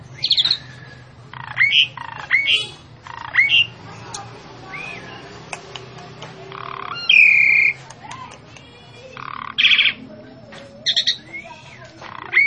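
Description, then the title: Javan pied starling calls: irregular harsh squawks, whistled slurs and clicks spread throughout with quiet gaps; low hum beneath. Female bird, vocal and persistent (gacor, ngotot). "Burung Jalak Suren Betina Gacor Ngotot"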